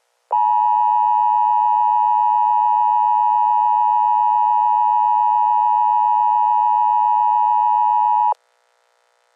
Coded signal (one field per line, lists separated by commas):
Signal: Emergency Alert System (SAME) tones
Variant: 853 and 960 Hz attention tone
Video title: Supernatural EAS Scenario